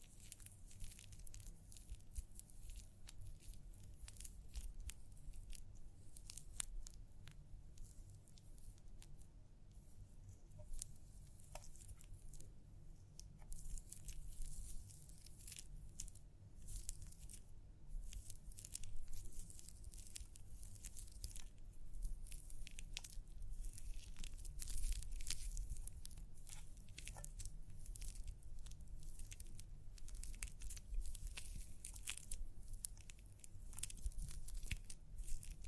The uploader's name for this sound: Personal Attention Scalp Massage, Hair Wash